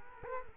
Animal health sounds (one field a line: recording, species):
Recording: mosquito wingbeat signal from an infrared sensor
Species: Culex quinquefasciatus